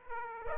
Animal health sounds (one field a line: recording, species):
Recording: mosquito wingbeat signal from an infrared sensor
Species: Aedes aegypti